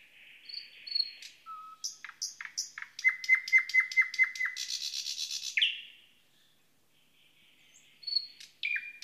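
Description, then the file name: Thrush nightingale song: varied whistles, then a fast series of sharp repeated clicks leading into a loud buzzy rattle, a pause, and a new phrase of whistled notes. "luscinia luscinia"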